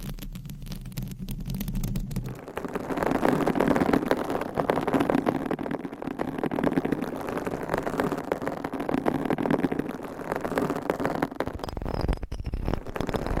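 Nails scratch across a microphone cover in a dense, continuous rasping rustle that fills most of the clip. It opens with a steady low hum for about two seconds, then the scratching takes over, and near the end it shifts to a deeper rumble with sharp ticks.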